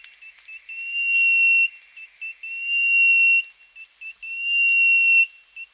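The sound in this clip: Fernwren call: a repeated pattern of a few short high notes, then a long steady whistle, heard three times.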